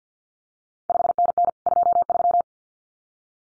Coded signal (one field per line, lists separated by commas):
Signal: Morse code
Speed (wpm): 50 wpm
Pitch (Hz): 700 Hz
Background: none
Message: 5NN 23